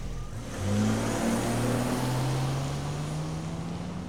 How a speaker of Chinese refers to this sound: 撇了手机，一脚油门上了路。